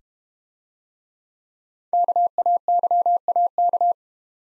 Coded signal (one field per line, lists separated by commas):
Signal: Morse code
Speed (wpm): 31 wpm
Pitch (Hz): 700 Hz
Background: none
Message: KAYAK